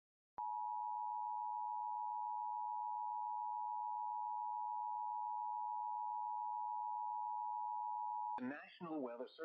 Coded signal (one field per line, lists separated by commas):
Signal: Emergency Alert System (SAME) tones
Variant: 853 and 960 Hz attention tone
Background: speech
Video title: (EAS #2,691 - #2,708) LET’S TRY THIS AGAIN - EAS Alerts from 4/14/26 - 4/15/26